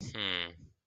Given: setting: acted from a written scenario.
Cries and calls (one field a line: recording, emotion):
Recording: vocal sound without words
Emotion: disappointment